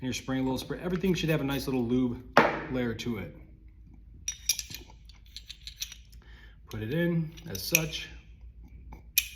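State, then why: Seated. Someone talks while a lubricated pistol barrel is placed into an upside-down pistol slide, with light metallic handling taps along the way. The barrel is kicked back into position and locks into the slide with a sharp hit at 9.2 s.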